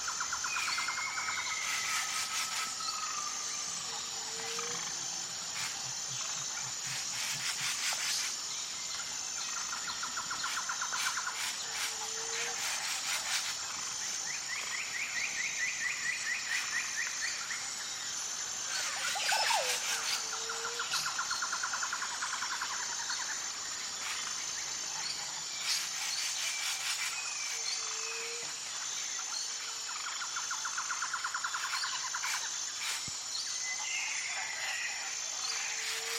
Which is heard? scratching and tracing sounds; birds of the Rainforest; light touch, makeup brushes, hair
birds of the Rainforest